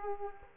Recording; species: mosquito wingbeat signal from an infrared sensor; Aedes aegypti